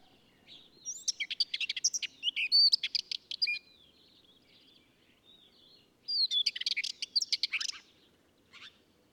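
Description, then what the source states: Ménétries's warbler singing two scratchy, chattering phrases of quick high notes mixed with short whistles, separated by a pause of about two seconds, ending with a soft single note. Song recorded from a clifftop.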